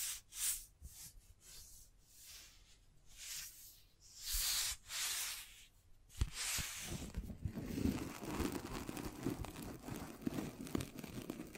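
Scratching strokes sweep back and forth in quick bursts for the first six seconds, with a couple of longer, harsher passes near the middle. A sharp tap lands just after six seconds, then the rubbing turns denser and rougher, dotted with scattered small knocks.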